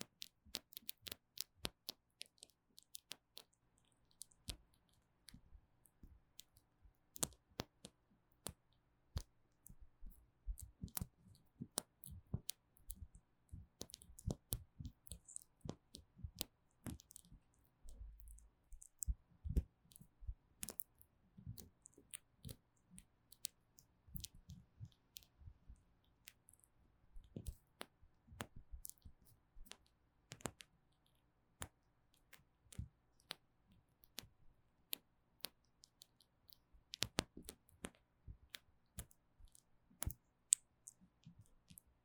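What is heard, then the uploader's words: Fingernails tap and scratch on small gel nail supplies. The clicks come in quick, irregular bursts across the whole recording, sharp and bright, with brief pauses between clusters and a faint low hum underneath. ASMR 凝膠美甲用品觸發 | Gel Nails supplies Triggers | Tapping & Scratching | NoTalking. 手邊好多美甲用品可以使用，還有一些亮晶晶閃亮亮的拍照道具.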